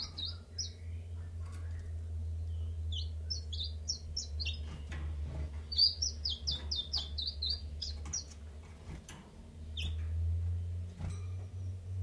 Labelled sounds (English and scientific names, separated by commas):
Common Chiffchaff (Phylloscopus collybita)